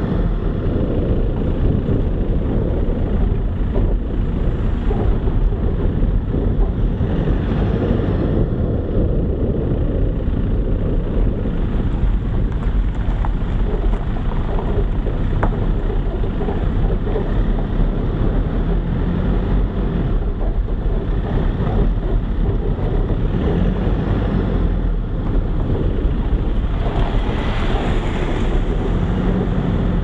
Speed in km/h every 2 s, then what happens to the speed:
21, 19, 21, 25, 22, 15, 11, 11, 13, 14, 17, 18, 15, 13, 13.
0-7 steady at about 21. 7-12 slows to 11. 12-20 speeds up to 17. 20-30 steady at about 15.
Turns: none.